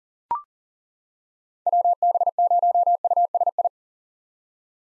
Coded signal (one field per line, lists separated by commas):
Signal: Morse code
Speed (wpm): 40 wpm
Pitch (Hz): 700 Hz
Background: none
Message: WB0USI